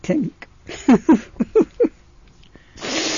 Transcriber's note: she laughs